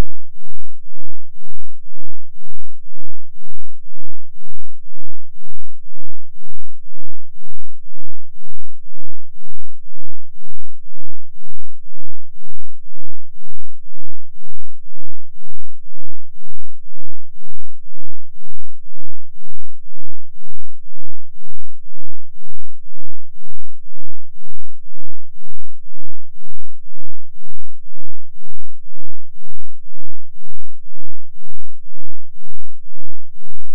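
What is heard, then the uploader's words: A pure, deep sine tone pulses steadily about once per second, each beat swelling and fading in an even, unchanging rhythm. The sound sits very low with nothing bright above it, and no other sounds intrude across the whole stretch. 1 Hz 1 Hz Interval Sine Pure Tone Frequency 441000 Sample Stereo.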